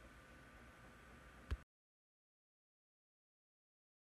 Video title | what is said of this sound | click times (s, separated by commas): Crimson Electronic sight open box | not get it secure so you have to press it into a snaps in place you | 1.5 s